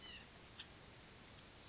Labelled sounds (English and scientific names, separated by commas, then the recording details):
White-breasted Nuthatch (Sitta carolinensis)
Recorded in Sonoma County, California